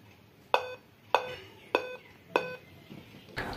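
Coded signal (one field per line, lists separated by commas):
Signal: beep code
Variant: Dell laptop POST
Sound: four short buzzy beeps, evenly spaced, then a brief rustle or clatter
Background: room noise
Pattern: 4 short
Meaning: Four beeps on a Dell laptop indicate a memory (RAM) failure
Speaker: अभी भी इसमें इस तरह की साउंड ए रही है इसका मतलब कीबोर्ड का इशू नहीं था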